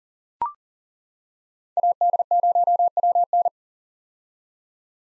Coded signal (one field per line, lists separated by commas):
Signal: Morse code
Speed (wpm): 40 wpm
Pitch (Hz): 700 Hz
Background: none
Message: AD0WN